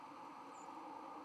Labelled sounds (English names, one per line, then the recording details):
White-throated Sparrow flight call
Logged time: 01:05 on 31 October 2014